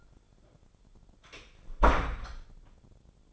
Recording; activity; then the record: daily activity, microphone in the room; close door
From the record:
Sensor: 5